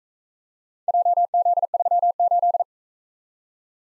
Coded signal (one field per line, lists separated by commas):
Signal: Morse code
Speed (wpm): 44 wpm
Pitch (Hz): 700 Hz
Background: none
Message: JZ38